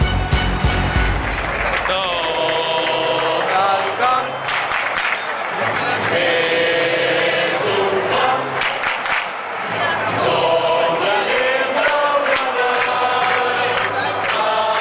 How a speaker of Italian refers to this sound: Straordinario ed emozionante, davvero, l'inno del Barcellona cantato dal Camp Nou.